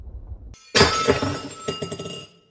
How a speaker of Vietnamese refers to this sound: Tiếng bát rơi vỡ làm mọi người giật mình.